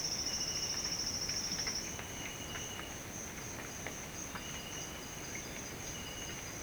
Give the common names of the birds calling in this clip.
none